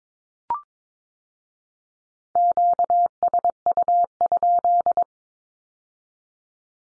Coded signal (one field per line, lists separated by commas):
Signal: Morse code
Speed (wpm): 22 wpm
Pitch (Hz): 700 Hz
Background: none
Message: QSU?